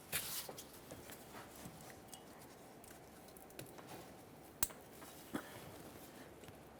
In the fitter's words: There's our click noise.